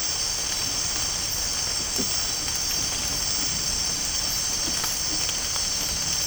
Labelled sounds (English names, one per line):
none